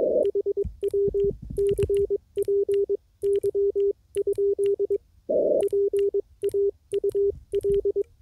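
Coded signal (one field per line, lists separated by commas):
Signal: Morse code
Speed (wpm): 23 wpm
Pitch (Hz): 400 Hz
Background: none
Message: HW CPY? PAUL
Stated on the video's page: CW QRP ragchew at 5 watts over 1100 km, 24 WPM, wire antenna on shortwave, exchanging name, location, station and weather.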